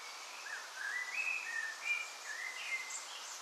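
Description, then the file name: Bird song: a string of clear whistled notes, alternating level and gently sliding phrases, with a few thin high notes late on, over continuous hiss. Birds on a balcony during a thunderstorm, recorded June 7 2011. "June 7 2011 birds balcony clean With Thunderstorm"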